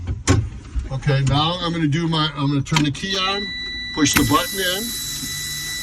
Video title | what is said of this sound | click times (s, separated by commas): City Of Toledo CDL training video ￼ | Could you put yours on? You heard it snap. | 0.3 s